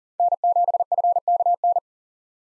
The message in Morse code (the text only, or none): N7FKN